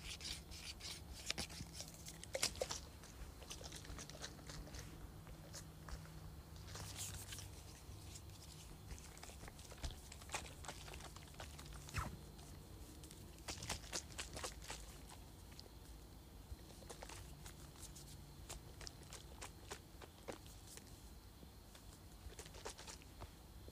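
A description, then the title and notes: A spray bottle is shaken and handled, giving a stream of irregular clicks, rattles and rubbing scrapes throughout. Brighter bursts stand out near 2, 7 and 14 seconds, while a low steady hum sits underneath the whole time. ASMR Shaking and Spraying Spray Bottle.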